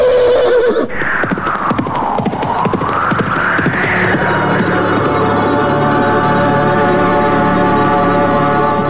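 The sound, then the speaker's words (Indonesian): A horse, Tunggul, lets out a long, rising and falling whinny as it leaps across the Cimanuk River. A steady, rumbling background runs underneath, with busy clattering hoofbeats and scuffing throughout; no one speaks. “Ada kuda terbang!”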